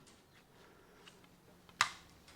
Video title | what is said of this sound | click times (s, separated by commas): Sobowo 2050, 2450 and 2650 Trike Bike Assembly - Trike Bike Australia - Best Electric Tricycles | You'll hear that click, that means that it's released its grip. | 1.8 s